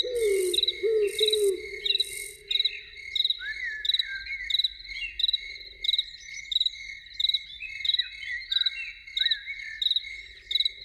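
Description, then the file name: Loon tremolo, a quavering laughing call in the first few seconds, over steady rhythmic cricket chirping throughout. Evening. "Evening with Loons"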